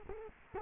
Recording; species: mosquito wingbeat signal from an infrared sensor; Culex quinquefasciatus